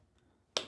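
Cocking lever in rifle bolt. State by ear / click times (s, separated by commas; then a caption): seated / 0.6 s. After a quiet lead-in, the cocking lever in the bolt of an M2-SLR self-loading rifle is pushed all the way forward and clicks at 0.6 s with a single sharp metal snap that rings down over the last fraction of a second. The click shows the lever has seated, pulling the firing pin back and holding it on the sear.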